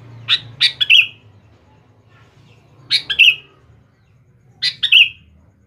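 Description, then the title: Sooty-headed bulbul song: three short phrases about two seconds apart, each a few sharp chirps ending in a bright slurred whistle, over a faint low hum. "Kutilang"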